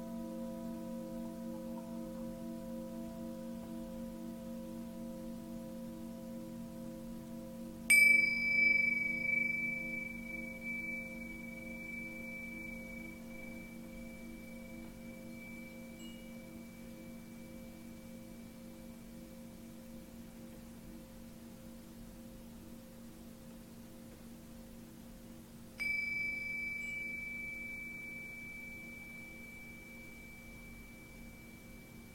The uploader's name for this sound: Tibetan Singiing Bowl